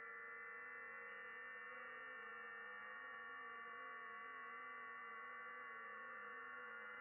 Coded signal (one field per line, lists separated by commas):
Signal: FT8